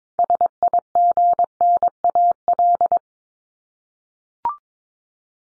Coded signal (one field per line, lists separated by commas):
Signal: Morse code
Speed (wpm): 22 wpm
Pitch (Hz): 700 Hz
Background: none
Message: SIGNAL